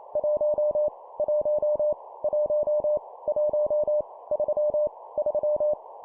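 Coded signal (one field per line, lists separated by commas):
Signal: Morse code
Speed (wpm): 28 wpm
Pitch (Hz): 600 Hz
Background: none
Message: 1 1 1 1 3 3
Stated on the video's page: Morse practice at 25 wpm, random numbers each repeated three times.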